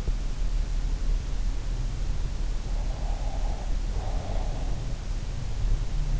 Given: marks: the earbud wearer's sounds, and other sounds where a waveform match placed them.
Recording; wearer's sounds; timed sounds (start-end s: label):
sounds in sleep by an in-ear microphone; breath
2.69-4.63 s: breath